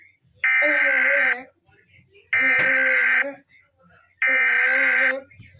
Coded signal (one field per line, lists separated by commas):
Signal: Emergency Alert System (SAME) tones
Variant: header bursts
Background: speech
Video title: eas, alarms